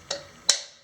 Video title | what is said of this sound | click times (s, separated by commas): How to clean sponge filters | hear that click, you know it's in. | 0.5 s